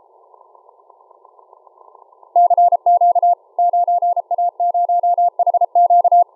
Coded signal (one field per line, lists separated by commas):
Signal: Morse code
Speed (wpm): 33 wpm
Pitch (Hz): 700 Hz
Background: none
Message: CQ 9A0HQ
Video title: Morse Code Decoded using Sorcerer on HD SDR ~ 13/07/2019